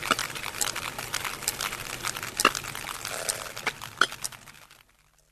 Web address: earth naturelibrary. sperm whale